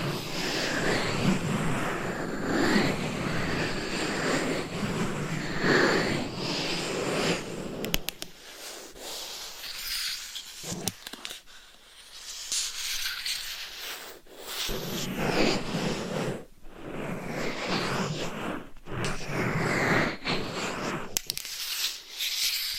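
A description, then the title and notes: Claws scratch and tap directly on a microphone, textured. For the first eight seconds a dense, rough scraping fills the sound with rumbling low end. After that it thins into sparser, crisper scratches and sharp taps, with brief near-silent gaps around 10 and 14 seconds. ASMR Binaural Dummy Head Mic Scratching & Tapping with Claws 100% Tingles - ASMR No Talking.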